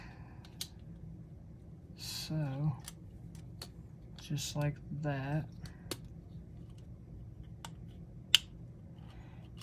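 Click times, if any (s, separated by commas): 8.4 s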